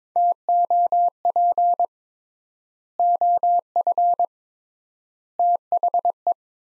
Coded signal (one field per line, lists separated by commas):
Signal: Morse code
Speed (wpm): 21 wpm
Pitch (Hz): 700 Hz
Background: none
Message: TOP OF THE